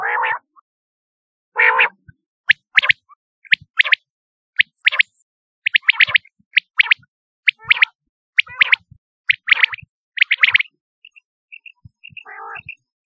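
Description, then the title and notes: Quail calls, short bright chirped notes given in quick pairs and triplets, mixed with lower nasal buzzy notes, repeated irregularly about once a second. "Kicau Burung Puyuh"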